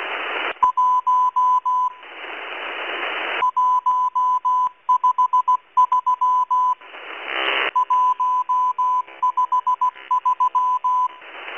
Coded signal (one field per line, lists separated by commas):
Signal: Morse code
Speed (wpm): 16 wpm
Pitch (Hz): 1000 Hz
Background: none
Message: 1 153 153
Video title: Russian, Morse code, spy numbers station ENIGMA ID M12, 11144 kHz, 24 June, 2023, 2100 UTC